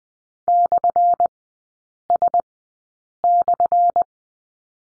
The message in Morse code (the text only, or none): /S/